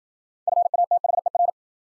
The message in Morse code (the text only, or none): FATHER